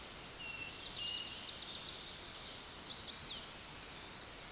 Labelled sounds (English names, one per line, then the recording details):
Tennessee Warbler song
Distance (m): 60 m
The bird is about 20 m above the microphone
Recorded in a Pennsylvania forest on 16 May 2024 at 06:00
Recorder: AudioMoth, point MSD-1368
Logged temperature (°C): 12.5 °C
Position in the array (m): 53 m, 59 m